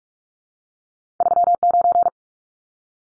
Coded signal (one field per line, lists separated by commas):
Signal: Morse code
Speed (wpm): 44 wpm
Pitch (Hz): 700 Hz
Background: none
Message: 39